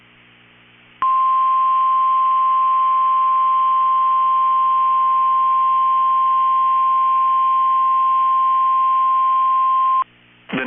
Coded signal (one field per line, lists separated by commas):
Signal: Emergency Alert System (SAME) tones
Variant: 1050 Hz attention tone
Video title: 5/14/25 - KEC65 Required Weekly Test (EAS #1239)